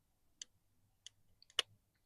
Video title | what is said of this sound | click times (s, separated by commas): Rockshox ZEB Fork - How To Install Bottomless Tokens | All right, we heard a click. | 1.6 s